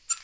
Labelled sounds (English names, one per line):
Black-throated Green Warbler flight call